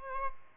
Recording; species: mosquito wingbeat signal from an infrared sensor; Aedes albopictus